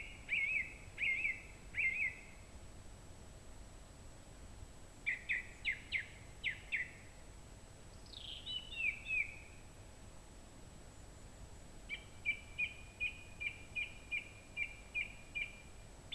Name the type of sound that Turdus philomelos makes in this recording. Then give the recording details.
song. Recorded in the wild. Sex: male. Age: adult. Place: Mirnock, Kärnten, AT. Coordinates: 46.75, 13.7. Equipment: Hornyphon, Phillips Mikrofon. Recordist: Brunner, Thomas